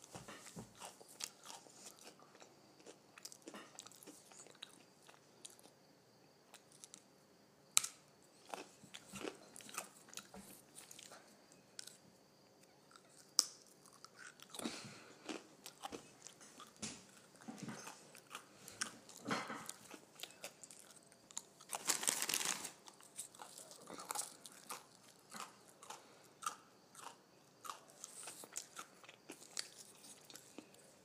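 Someone crunches potato chips in a steady run of sharp, crackly bites and chewing, with quieter grinding between them. The loudest bursts come around 8, 13–15 and 22 seconds, the last a longer rustling crackle, perhaps the bag.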